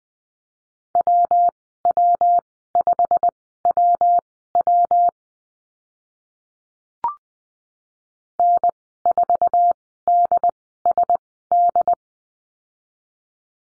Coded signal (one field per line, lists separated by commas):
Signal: Morse code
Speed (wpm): 20 wpm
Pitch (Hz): 700 Hz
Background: none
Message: WW5WW N4DSD